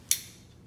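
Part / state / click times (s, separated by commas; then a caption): aluminum coupler on pistol magazine / released / 0.1 s. An aluminum coupler on a pistol magazine has its tension released so one magazine can be freed. A single sharp, bright click sounds at 0.1 s and fades quickly, leaving a quiet low hum. The coupler is now loose.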